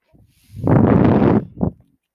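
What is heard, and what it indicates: A soft, low whooshing rush of air lasts just under a second, followed by a brief second puff. This is the breath cycle of a home mechanical ventilator delivering air to a man who depends on it for breathing, heard during pauses in his speech.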